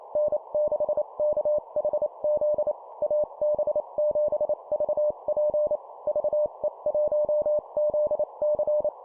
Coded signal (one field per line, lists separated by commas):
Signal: Morse code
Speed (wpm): 28 wpm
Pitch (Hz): 600 Hz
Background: none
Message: N6KHZ AB7VP VE1ZC